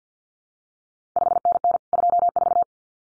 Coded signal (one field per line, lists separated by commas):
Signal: Morse code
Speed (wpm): 50 wpm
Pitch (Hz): 700 Hz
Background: none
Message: 5NN 24